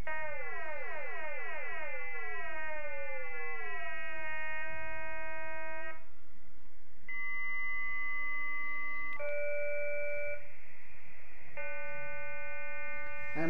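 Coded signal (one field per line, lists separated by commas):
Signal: radar signal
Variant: over-the-horizon radar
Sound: buzzy multi-harmonic drone, pitch sliding down, then steady buzzing tones switching pitch abruptly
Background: radio static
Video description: finally the signal has been recognized-- we heard the Iranian Over The Horizon Radar (OTHR).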